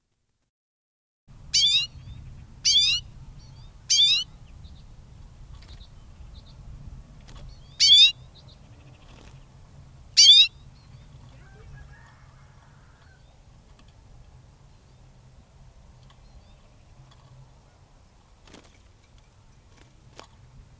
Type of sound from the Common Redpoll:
call